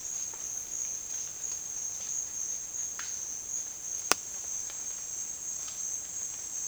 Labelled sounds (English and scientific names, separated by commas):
none